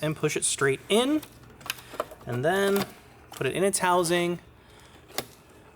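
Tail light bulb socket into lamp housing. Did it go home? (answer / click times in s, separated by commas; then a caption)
yes / 5.2 s. On a 2006–2016 Chevrolet Impala, a blinker bulb socket holding a new bulb is set into the plastic tail light housing and rotated clockwise until it locks so it can't come out. Someone talks throughout, and a single sharp click is heard at 5.2 s as the socket twist-locks into the housing, seated.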